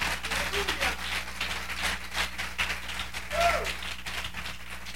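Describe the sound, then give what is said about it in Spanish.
An audience at a sermon applauds the Lord steadily for about five seconds, a dense wash of many hands clapping at an even level, with a few faint voices calling out over it and a low hum underneath. “Dele un aplauso a Él.”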